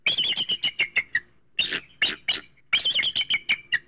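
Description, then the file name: Eagle calling in three bursts of rapid, sharp yelping notes, the series falling slightly in pitch. "adler"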